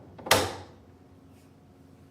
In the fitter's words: to push on the top until you hear that snap.